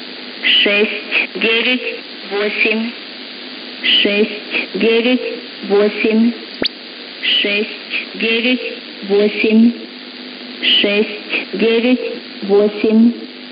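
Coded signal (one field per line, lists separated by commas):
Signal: numbers station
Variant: S06s, Russian female voice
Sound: female voice reading short words at steady intervals over a radio channel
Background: radio static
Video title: 20 01 2022 Number station S06s Russian Lady in Russian to Eu 0940 on 9540 unknown tx site in CUSB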